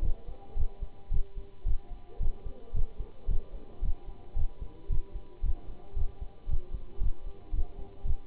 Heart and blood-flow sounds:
heart sounds by stethoscope; between the tricuspid and mitral areas; 112 bpm
0.03 s: heartbeat
0.57 s: heartbeat
1.12 s: heartbeat
1.67 s: heartbeat
2.21 s: heartbeat
2.75 s: heartbeat
3.29 s: heartbeat
3.83 s: heartbeat
4.37 s: heartbeat
4.90 s: heartbeat
5.44 s: heartbeat
5.97 s: heartbeat
6.49 s: heartbeat
7.01 s: heartbeat
7.54 s: heartbeat
8.06 s: heartbeat
From the record:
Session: Bruce protocol treadmill stress test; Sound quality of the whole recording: good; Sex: male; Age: 25 years

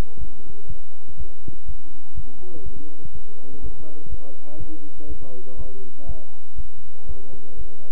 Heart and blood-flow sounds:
heart sounds by stethoscope; between the tricuspid and mitral areas; 122 bpm
0.19 s: heartbeat
0.68 s: heartbeat
1.17 s: heartbeat
1.66 s: heartbeat
2.15 s: heartbeat
2.64 s: heartbeat
3.13 s: heartbeat
3.62 s: heartbeat
4.10 s: heartbeat
4.58 s: heartbeat
5.07 s: heartbeat
5.57 s: heartbeat
6.06 s: heartbeat
6.56 s: heartbeat
7.07 s: heartbeat
7.57 s: heartbeat
From the record:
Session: bicycle stress test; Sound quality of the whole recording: good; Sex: male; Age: 23 years

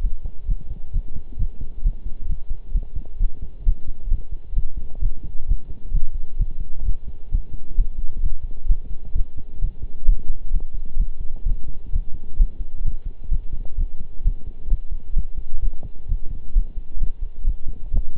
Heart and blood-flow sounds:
heart sounds by stethoscope; between the tricuspid and mitral areas; 131 bpm
0.03 s: heartbeat
0.48 s: heartbeat
0.93 s: heartbeat
1.39 s: heartbeat
1.84 s: heartbeat
2.29 s: heartbeat
2.74 s: heartbeat
3.20 s: heartbeat
3.66 s: heartbeat
4.11 s: heartbeat
4.56 s: heartbeat
5.02 s: heartbeat
5.48 s: heartbeat
5.94 s: heartbeat
6.39 s: heartbeat
6.85 s: heartbeat
7.32 s: heartbeat
7.78 s: heartbeat
8.23 s: heartbeat
8.69 s: heartbeat
9.15 s: heartbeat
9.62 s: heartbeat
10.07 s: heartbeat
10.53 s: heartbeat
10.99 s: heartbeat
11.46 s: heartbeat
11.93 s: heartbeat
12.39 s: heartbeat
12.85 s: heartbeat
13.31 s: heartbeat
13.78 s: heartbeat
14.25 s: heartbeat
14.71 s: heartbeat
15.16 s: heartbeat
15.62 s: heartbeat
16.09 s: heartbeat
16.55 s: heartbeat
17.01 s: heartbeat
17.47 s: heartbeat
17.93 s: heartbeat
From the record:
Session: pedaling a stationary bicycle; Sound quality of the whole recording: partially saturated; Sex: male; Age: 23 years

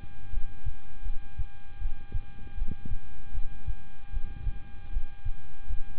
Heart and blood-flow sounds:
heart sounds by stethoscope; between the tricuspid and mitral areas; 78 bpm
0.30 s: heartbeat
1.03 s: heartbeat
1.79 s: heartbeat
2.55 s: heartbeat
3.32 s: heartbeat
4.11 s: heartbeat
4.90 s: heartbeat
5.67 s: heartbeat
From the record:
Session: rest, lying down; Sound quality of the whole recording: good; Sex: male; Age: 26 years

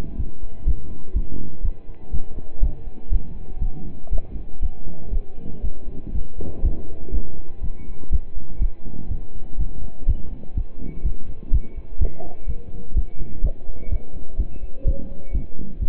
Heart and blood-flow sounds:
heart sounds by stethoscope; between the tricuspid and mitral areas; 123 bpm
0.19 s: heartbeat
0.67 s: heartbeat
1.15 s: heartbeat
1.64 s: heartbeat
2.13 s: heartbeat
2.62 s: heartbeat
3.12 s: heartbeat
3.62 s: heartbeat
4.12 s: heartbeat
4.62 s: heartbeat
5.13 s: heartbeat
5.64 s: heartbeat
6.14 s: heartbeat
6.64 s: heartbeat
7.13 s: heartbeat
7.63 s: heartbeat
8.12 s: heartbeat
8.61 s: heartbeat
9.10 s: heartbeat
9.59 s: heartbeat
10.08 s: heartbeat
10.56 s: heartbeat
11.05 s: heartbeat
11.53 s: heartbeat
12.01 s: heartbeat
12.48 s: heartbeat
12.96 s: heartbeat
13.44 s: heartbeat
13.91 s: heartbeat
14.39 s: heartbeat
14.86 s: heartbeat
15.34 s: heartbeat
15.81 s: heartbeat
From the record:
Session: pedaling a stationary bicycle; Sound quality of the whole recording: partially saturated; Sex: male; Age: 27 years

